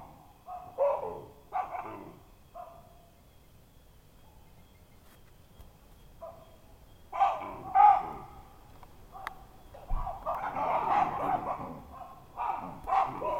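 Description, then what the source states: Baboon barks: scattered harsh calls early, a quiet stretch, then a louder run of calls through the second half. Baboon invasion in Marsabit, Kenya.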